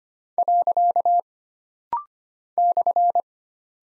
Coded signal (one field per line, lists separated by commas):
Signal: Morse code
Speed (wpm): 25 wpm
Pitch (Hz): 700 Hz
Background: none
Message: . /